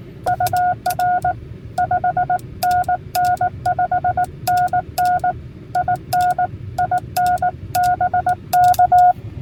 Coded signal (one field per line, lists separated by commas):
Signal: Morse code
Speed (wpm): 19 wpm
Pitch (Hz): 720 Hz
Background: none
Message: UR 5NN 5NN IN IN BK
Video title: POTA Activation K-4206 - CW Only